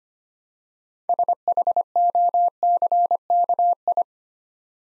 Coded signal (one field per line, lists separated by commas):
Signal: Morse code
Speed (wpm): 25 wpm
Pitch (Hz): 700 Hz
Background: none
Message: SHOCKI